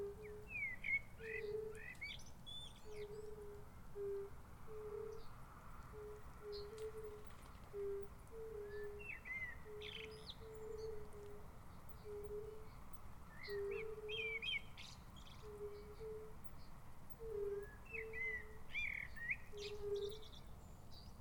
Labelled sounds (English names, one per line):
Fire-Bellied Toad call